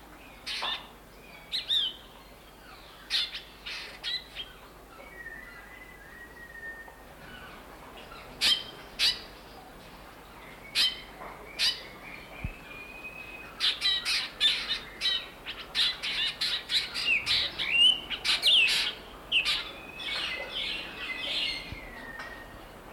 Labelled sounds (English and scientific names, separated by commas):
Black Drongo (Dicrurus macrocercus)